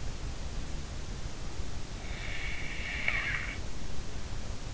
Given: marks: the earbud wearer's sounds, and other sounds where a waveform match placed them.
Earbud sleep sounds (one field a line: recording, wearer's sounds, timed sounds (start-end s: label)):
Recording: sounds in sleep by an in-ear microphone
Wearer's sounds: snoring breath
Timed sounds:
1.98-3.74 s: snoring breath